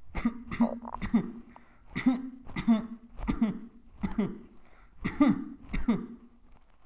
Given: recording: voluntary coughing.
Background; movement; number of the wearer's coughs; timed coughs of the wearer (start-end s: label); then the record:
quiet; sitting; 9
0.11-0.50 s: cough
0.50-0.95 s: cough
1.01-1.46 s: cough
1.94-2.36 s: cough
2.55-3.04 s: cough
3.25-3.67 s: cough
4.01-4.43 s: cough
5.03-5.56 s: cough
5.71-6.14 s: cough
From the record:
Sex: male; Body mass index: 22.0 kg/m2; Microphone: on the chest, facing the body